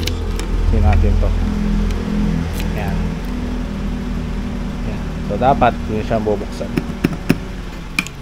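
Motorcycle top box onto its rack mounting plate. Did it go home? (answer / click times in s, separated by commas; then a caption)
partly / 8.0 s. Someone talks over a steady low hum while a NIWRA 45 L plastic motorcycle top box from Motofox is pushed down onto its mounting base plate on a DC monorack bracket for a Honda ADV 160. A few sharp knocks come near the end, the loudest at 8.0 s, as the box latches onto the plate. It locks, but it does not give the usual further click when pushed once more.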